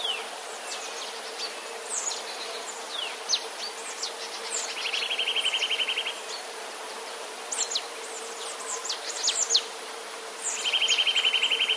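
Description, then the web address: Eurasian nuthatch song: two fast, even trills of repeated notes, the second cut off at the end, heard among busy high chirping from other small birds. "wroblowe kolekcja kowalik"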